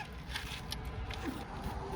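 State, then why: Not seated. A click-type torque wrench is pushed on a wheel lug nut, giving low, steady rumbling strain with a few brief faint ticks. The set torque is not reached, and the wrench has not clicked yet.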